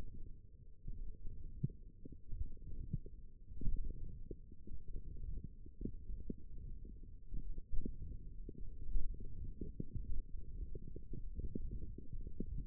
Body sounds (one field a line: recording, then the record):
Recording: forearm muscle sounds (acoustic myography)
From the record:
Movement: hook grip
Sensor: system 1, eight BSWA MPA416 microphones around the upper forearm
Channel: 3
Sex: female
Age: 21 years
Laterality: right